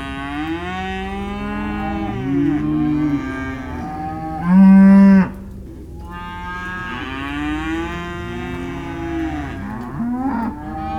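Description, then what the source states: Cow: overlapping cattle moos, long and wavering, with one short loud flat bellow near the middle among quieter lowing. Cows and calves, several animals, described as disconsolate; recorded in December, on the 19th.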